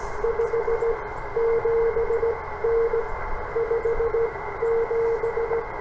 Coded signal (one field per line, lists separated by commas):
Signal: Morse code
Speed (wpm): 17 wpm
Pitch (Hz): 460 Hz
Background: radio noise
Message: 57N 57